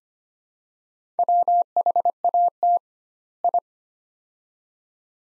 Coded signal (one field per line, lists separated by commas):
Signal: Morse code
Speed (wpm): 25 wpm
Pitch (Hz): 700 Hz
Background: none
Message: WHAT I